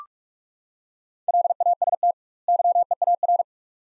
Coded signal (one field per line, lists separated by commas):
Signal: Morse code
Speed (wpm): 44 wpm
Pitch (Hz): 700 Hz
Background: none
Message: LAST YEAR